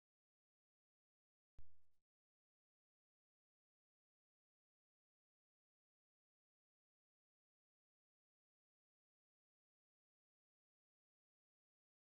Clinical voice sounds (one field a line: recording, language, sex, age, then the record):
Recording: spoken sentence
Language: Brazilian Portuguese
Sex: male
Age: 60 to 69 years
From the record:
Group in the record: control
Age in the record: 60 years